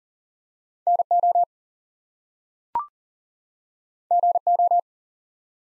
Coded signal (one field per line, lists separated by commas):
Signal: Morse code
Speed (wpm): 41 wpm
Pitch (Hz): 700 Hz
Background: none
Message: NO GO